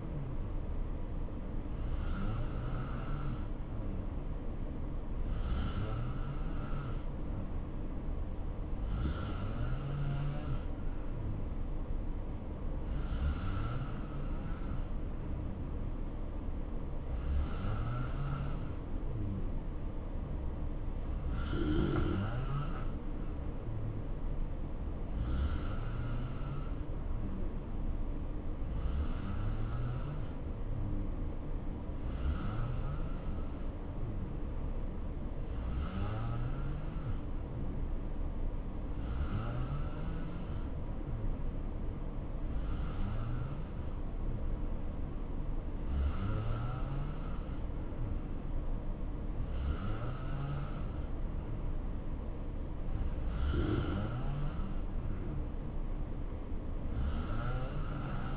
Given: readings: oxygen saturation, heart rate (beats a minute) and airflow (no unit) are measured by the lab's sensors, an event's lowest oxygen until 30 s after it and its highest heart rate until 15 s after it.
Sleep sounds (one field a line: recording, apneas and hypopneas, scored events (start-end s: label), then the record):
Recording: breathing in sleep by a smartphone at the bedside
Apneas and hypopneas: none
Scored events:
none scored
From the record:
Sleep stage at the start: N2 (light sleep)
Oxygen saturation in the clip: 87 to 90%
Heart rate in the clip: 63 to 73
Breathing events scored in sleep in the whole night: 277 in 7.4 hours asleep